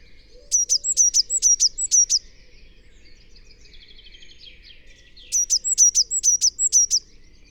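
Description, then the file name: Eurasian blue tit giving two fast runs of high, thin piping notes separated by a pause. "Cyanistes caeruleus"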